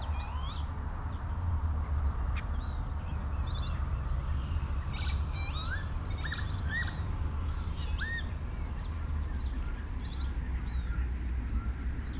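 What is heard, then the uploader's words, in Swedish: A soundscape at Dalbyviken, with a steady low rumble running throughout beneath scattered bird calls. Short chirps, trills and rising whistles come every second or so, busiest around the middle, with a harsher crow-like call near five seconds. Dalbyvikens ljudlandskap i maj. Ljuden är inspelade med Telingas SSM-mikrofon och en Olympus LS-14 samt PRO-8 MK2 parabolmikrofon och en Zoom H4.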